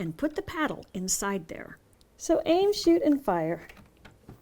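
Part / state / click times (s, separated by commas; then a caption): interior lock assembly onto deadbolt tailpiece on a door / not seated / none. The interior half of a eufy Smart Lock E30 smart deadbolt is lined up with the metal tailpiece of the locking mechanism on a door, with the tailpiece aimed at the paddle slot, while someone talks. Only faint, brief ticks occur near 4.0 s and 4.1 s as the talking stops. Nothing has seated or clicked yet.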